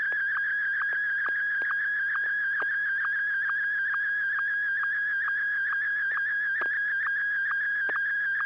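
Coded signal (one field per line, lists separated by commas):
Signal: SSTV (slow-scan television)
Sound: steady warbling whistle near 1.6 kHz, interrupted by short low blips about twice a second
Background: low hum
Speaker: uh to Ken KF6 AGM. Ken, did you get this picture?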